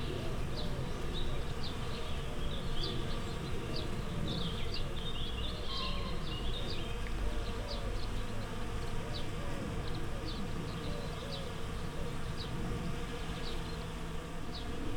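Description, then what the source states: Bees give a constant low droning buzz, with repeated short bird chips and a few whistles running through. Bees in a flowering rapeseed field, Słoneczna 9, Siemianowice Śląskie, Poland, Saturday 18 May 2019; starlings in background; Zoom H5 with Audio-Technica BP4025.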